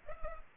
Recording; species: mosquito wingbeat signal from an infrared sensor; Culex pipiens